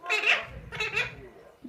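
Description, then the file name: Alexandrine parakeet talking, two loud, raspy, speech-like syllables about 0.7 seconds apart, followed by a fading murmur and a brief note at the close. Bird is talking, imitating speech. "aleksandriiskii popugai govorit"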